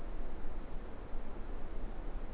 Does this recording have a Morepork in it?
no